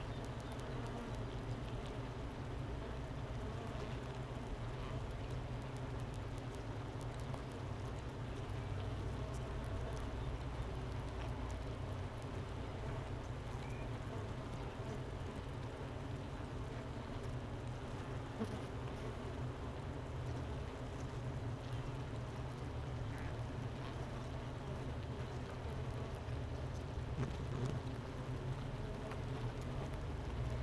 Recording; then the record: honeybee colony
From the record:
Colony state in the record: missing queen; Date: 31 May 2018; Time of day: 10:36